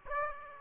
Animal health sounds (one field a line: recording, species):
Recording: mosquito wingbeat signal from an infrared sensor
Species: Aedes aegypti